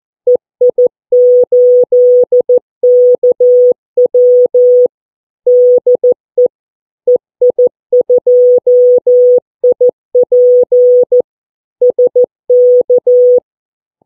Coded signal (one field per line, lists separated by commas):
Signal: Morse code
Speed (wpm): 14 wpm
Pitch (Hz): 490 Hz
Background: none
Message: EI8KW DE EI2IP SK